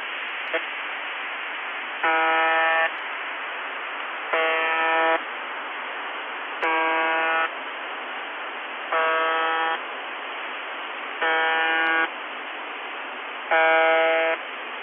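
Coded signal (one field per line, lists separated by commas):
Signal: channel marker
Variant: UVB-76 (The Buzzer)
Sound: six short harsh buzzes, evenly spaced about two seconds apart, over steady radio hiss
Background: radio static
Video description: After the message the line went dead but restarted with its original broadcasting.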